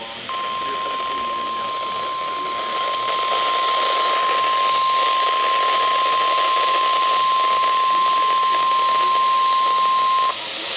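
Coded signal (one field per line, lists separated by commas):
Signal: Emergency Alert System (SAME) tones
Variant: 1050 Hz attention tone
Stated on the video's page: Severe Thunderstorm Warning received on NOAA weather radio station.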